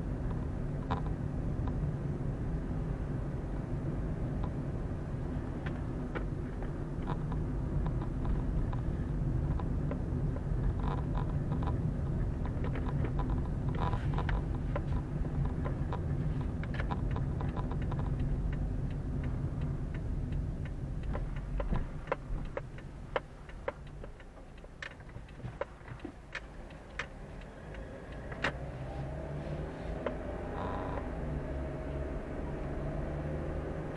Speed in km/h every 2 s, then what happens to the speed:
27, 27, 29, 28, 27, 25, 25, 24, 23, 21, 16, 11, 7, 7, 17, 26, 33.
0-17 steady at about 27. 17-23 slows to 7. 26-34 speeds up to 33.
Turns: none.